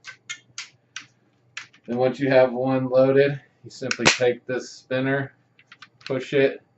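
With a rubber band loaded, the plastic rotating spinner (band holder drum) of a Super Impulse Hyperion Precision RBS toy rubber band gun is pushed toward its detent position. A few short, sharp sounds come at about 0.6, 1.0 and 1.6 seconds, followed by someone talking. The spinner has not clicked into place yet by the end.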